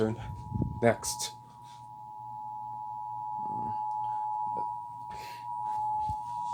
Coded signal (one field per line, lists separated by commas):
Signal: Emergency Alert System (SAME) tones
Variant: 853 and 960 Hz attention tone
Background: speech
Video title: EAS Test during Whirl: Ada & Friends, Retro News: A Blast from the Past & VeggieTales: Apr. 25, 2023